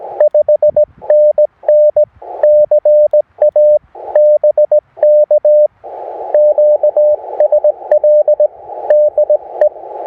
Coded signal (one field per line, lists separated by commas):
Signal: Morse code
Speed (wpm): 17 wpm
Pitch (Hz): 600 Hz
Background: radio noise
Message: 5NN CA BK QSL DE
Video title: A Look at an End Fed Half Wave Antenna in an Inverted Vee for a 17 WPM CW POTA Activation